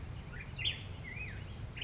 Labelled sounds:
Black-headed Grosbeak
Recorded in Sonoma County, California

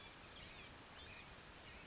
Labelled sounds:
Blue-gray Gnatcatcher
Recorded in Sonoma County, California

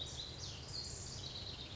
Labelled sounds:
House Wren
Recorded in Sonoma County, California

